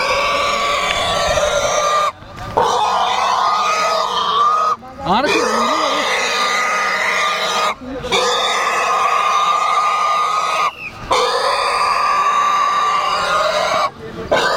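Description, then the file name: Pig squealing continuously, each long piercing scream broken by short gasping pauses every few seconds. "cochon"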